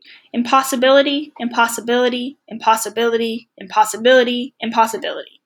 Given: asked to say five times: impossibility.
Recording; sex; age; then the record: repeated word; female; 20 to 29 years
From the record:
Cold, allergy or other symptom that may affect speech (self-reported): no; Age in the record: 22 years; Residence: Massachusetts, United States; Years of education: 17